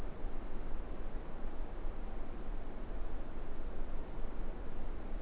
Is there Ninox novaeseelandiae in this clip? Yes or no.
no